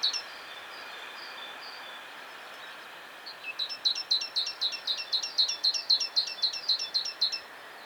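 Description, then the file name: Great tit calling, a sharp high note repeated steadily about four times a second for about four seconds after a quieter start, over a soft background hiss. "Parus major"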